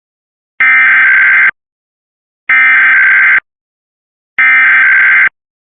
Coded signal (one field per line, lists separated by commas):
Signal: Emergency Alert System (SAME) tones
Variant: header bursts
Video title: Pennsylvania Required monthly test ￼January 2025 EAS#6-#10 ￼￼￼